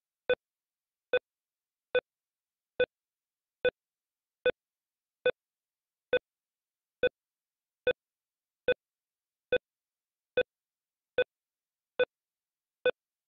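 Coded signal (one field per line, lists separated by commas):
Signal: none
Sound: heartbeat monitor beeps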